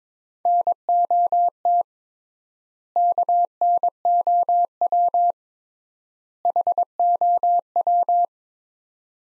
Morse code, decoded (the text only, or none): NOT KNOW HOW